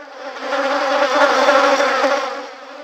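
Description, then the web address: Bee buzzing in a steady droning hum that swells in loudness toward the middle and slowly fades, with no other sounds. Rising bee buzz sound effect. "Zero-G Jungle Warfare 1 , 2 3 VOL 3 Instruments FX Bee Rise"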